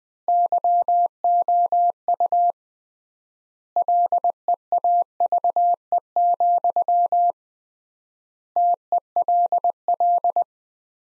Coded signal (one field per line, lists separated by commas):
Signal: Morse code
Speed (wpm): 20 wpm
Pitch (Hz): 700 Hz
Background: none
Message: YOU LEAVE, TELL